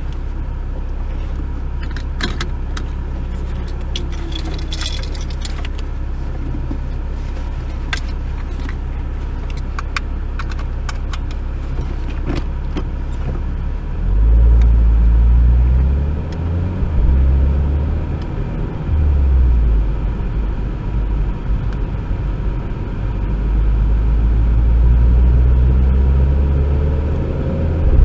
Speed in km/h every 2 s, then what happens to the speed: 0, 0, 0, 0, 0, 0, 0, 0, 22, 28, 27, 26, 32, 41.
0-14 standing. 14-17 pulls away to 28. 17-22 steady at about 27. 22-28 speeds up to 41.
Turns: none.